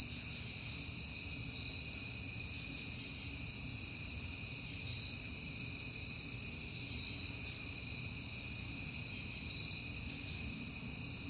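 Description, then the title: Cricket chorus forming an unbroken shrill trill, layered high tones holding steady, while a soft low rumble runs underneath. Recorded on a peaceful night in September. "Night Time: Crickets and Passing Cars"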